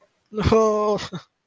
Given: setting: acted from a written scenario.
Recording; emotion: vocal sound without words; sadness